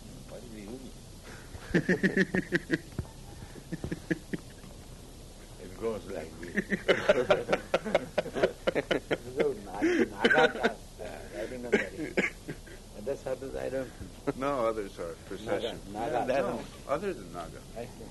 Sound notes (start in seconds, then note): 1.6 laughter; 6.2 laughs